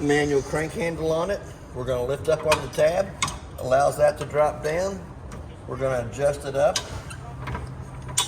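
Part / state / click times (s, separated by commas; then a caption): stabilizer jack leg into its mounting position on a travel trailer / seated / 8.2 s. Someone talks while a 3/4 inch manual crank handle sits on the stabilizer jack of a 2024 Forest River Salem Cruise Lite 273QBXLX travel trailer; the tab is lifted so the jack leg drops down, and the leg is then raised. A sharp click at 8.2 s is the stabilizer jack leg locking into its mounting position, so the leg is seated.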